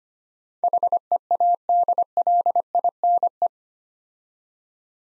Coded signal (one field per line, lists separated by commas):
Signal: Morse code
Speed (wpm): 25 wpm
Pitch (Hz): 700 Hz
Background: none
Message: HEADLINE